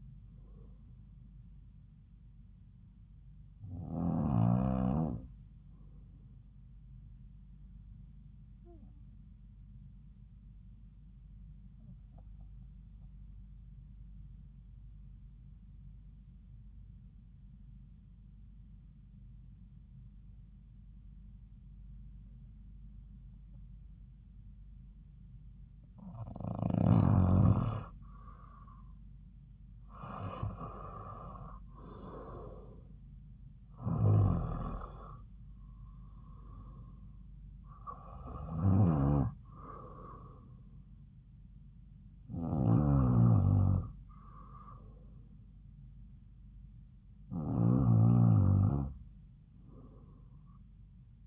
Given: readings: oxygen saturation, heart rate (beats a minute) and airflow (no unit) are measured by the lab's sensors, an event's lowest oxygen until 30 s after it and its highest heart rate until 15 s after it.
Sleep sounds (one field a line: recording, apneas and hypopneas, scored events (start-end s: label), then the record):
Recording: breathing in sleep by a smartphone at the bedside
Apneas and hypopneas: 1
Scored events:
2.00-51.27 s: new sleep stage, REM sleep
7.00-31.20 s: hypopnea (REM, oxygen 95% highest, then 88% lowest)
From the record:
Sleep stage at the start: N2 (light sleep)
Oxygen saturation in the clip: 88 to 95%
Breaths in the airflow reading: 8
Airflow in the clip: -6.8 to 8.1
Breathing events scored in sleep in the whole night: 270 in 6.1 hours asleep